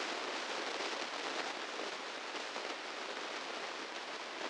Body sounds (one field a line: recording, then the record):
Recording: brain microelectrode recording played as sound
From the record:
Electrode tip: inside the subthalamic nucleus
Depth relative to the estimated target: 0 mm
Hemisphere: left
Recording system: NeuroSet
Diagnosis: Parkinson's disease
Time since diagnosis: 15 years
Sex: female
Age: 59 years